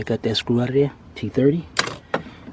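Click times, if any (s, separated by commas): 2.1 s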